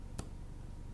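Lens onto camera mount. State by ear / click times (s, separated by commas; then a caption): seated / 0.2 s. A lens is twisted onto a camera mount until it locks. A single sharp click at 0.2 s stands out against a low, steady background hum. The lens is seated on the mount.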